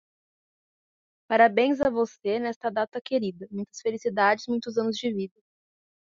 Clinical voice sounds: short text; Brazilian Portuguese; female; 30 to 39 years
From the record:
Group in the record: control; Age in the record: 37 years

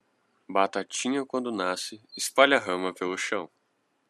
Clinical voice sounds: short text; Brazilian Portuguese; male; 18 to 19 years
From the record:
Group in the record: control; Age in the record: 19 years

